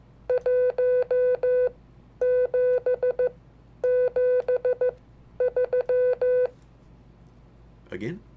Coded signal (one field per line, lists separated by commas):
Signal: Morse code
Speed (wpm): 14 wpm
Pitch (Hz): 500 Hz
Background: none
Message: 1773